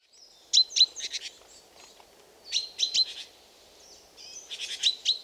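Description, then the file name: Great tit calling with bright clipped notes that run into harsh churring rattles, three bursts spaced about two seconds apart over a quiet low rumble. "Parus major"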